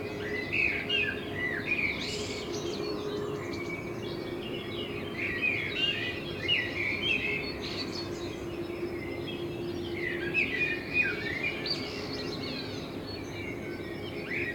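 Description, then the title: Common blackbird singing mellow whistled phrases mixed with twittery notes, several phrases over a constant low hum. Blackbird in front of the recordist's window; binaural sound made with a homemade dummy head, intended for headphone listening. "Kunstkopfaufnahme der Amsel vor meinem Fenster"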